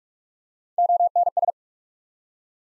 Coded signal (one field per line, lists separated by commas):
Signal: Morse code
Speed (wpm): 44 wpm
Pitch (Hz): 700 Hz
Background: none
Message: ONS